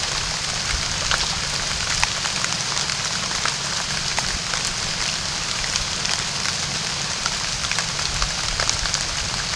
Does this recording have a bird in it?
no